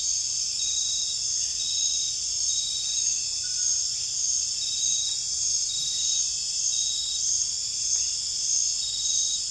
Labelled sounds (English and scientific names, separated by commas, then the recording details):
none
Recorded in dense forest near Puerto Asís, Putumayo, Colombia, on 21 December 2024 at 19:30
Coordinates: 0.484, -76.317
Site G026